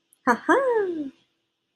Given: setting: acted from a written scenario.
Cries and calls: vocal sound without words; elation

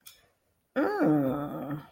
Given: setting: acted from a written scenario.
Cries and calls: vocal sound without words; interest

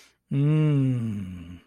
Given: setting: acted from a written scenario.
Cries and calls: vocal sound without words; serenity

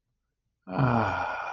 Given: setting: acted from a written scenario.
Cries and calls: vocal sound without words; serenity

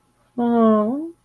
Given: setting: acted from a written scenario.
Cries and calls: vocal sound without words; guilt

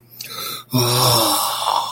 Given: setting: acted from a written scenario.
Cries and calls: vocal sound without words; awe

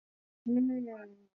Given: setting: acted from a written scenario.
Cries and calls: vocal sound without words; serenity

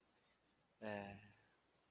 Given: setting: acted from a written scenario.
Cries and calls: vocal sound without words; romantic love

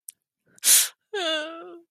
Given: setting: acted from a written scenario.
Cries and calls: vocal sound without words; sadness

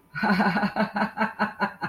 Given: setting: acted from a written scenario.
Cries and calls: vocal sound without words; amusement

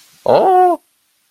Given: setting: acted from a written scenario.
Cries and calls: vocal sound without words; desire

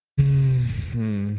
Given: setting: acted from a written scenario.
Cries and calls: vocal sound without words; guilt

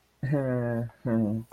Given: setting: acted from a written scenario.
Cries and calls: vocal sound without words; shame

